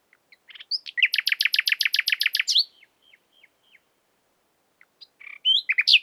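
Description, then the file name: Common nightingale song phrase of rapid, repeated chopping notes for about one and a half seconds, followed by soft scattered notes and a loud rising flourish. "Luscinia megarhynchos"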